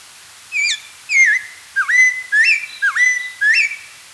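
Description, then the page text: Spotted laughingthrush song of mellow whistled notes, some falling and others dipping then rising, given steadily in a short series. "Spotted Laughingthrush Song Sound Effect. Quick Sounds"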